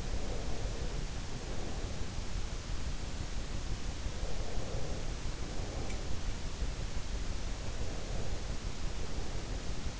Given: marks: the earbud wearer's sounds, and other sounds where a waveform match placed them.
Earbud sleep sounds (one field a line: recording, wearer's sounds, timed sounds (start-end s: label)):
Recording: sounds in sleep by an in-ear microphone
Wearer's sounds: breath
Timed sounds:
0.00-2.19 s: breath
4.09-6.47 s: breath
5.75-6.14 s: sound from someone else or the room
7.44-9.99 s: breath